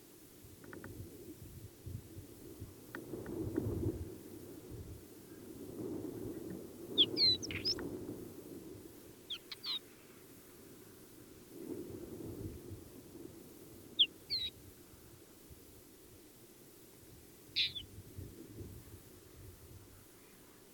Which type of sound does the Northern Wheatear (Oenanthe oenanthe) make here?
song